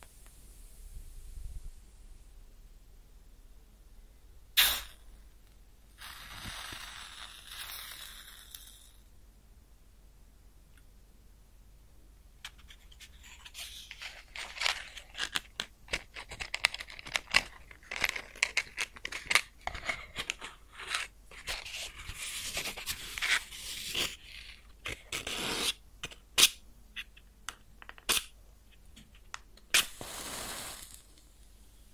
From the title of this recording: Close Up Matching LightingExtinguishing Fire Crackles & Sizzles